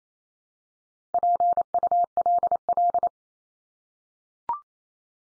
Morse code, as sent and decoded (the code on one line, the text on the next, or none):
.--. ..- .-.. .-..
PULL